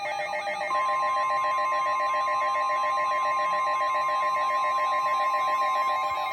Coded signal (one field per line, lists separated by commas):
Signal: Emergency Alert System (SAME) tones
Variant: 1050 Hz attention tone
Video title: Severe Thunderstorm Warning On Multiple Stations 7/1/22 (EAS #1329-1337)